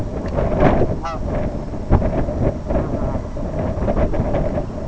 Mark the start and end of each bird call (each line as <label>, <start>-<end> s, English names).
Brent Goose, 0.83-1.33 s
Brent Goose, 2.81-3.50 s